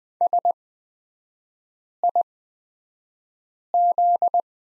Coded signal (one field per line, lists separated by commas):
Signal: Morse code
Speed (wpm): 20 wpm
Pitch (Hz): 700 Hz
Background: none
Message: SIZ